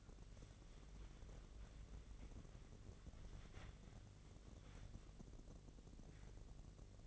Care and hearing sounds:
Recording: daily activity, microphone in the room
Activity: wipe stove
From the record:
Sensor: 4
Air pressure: 1013.2 hPa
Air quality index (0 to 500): 179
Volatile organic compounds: 2 ppm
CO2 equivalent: 1126 ppm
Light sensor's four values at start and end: 95/239/99/105 and 95/239/99/104

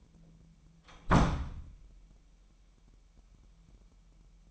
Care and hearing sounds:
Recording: daily activity, microphone in the room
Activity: close door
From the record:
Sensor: 1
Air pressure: 998.4 hPa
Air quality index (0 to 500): 133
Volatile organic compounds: 4 ppm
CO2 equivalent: 1590 ppm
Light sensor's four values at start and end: 18/61/24/25 and 18/61/24/25

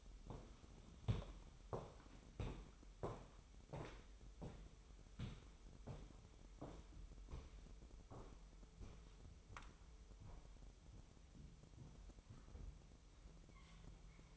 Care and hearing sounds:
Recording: daily activity, microphone in the room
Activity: walk to room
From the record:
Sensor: 1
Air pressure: 988.3 hPa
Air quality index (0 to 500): 199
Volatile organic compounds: 1000 ppm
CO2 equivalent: 5334 ppm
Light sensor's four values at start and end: 26/97/36/38 and 26/97/37/38

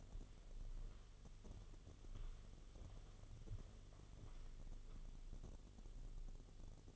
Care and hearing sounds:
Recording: daily activity, microphone in the room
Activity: walk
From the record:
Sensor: 4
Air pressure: 1016.2 hPa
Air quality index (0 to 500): 162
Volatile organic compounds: 6 ppm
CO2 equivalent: 1848 ppm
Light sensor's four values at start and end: 8/18/7/6 and 8/18/7/6

